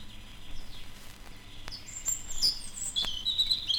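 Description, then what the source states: European Robin song: a brief, high, thin warbled phrase with tinkling notes in the last second and a half, after faint high tones and a few soft clicks. Sings from the top of a small spruce, sun lighting its rusty-red breast; heard long into the evening as the forest falls quiet.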